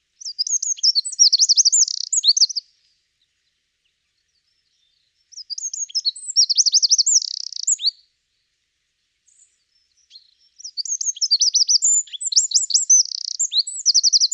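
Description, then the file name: Eurasian wren song, three energetic bursts of shrill rapid notes and trills, each lasting two to four seconds, separated by short silent pauses. "Troglodytes troglodytes"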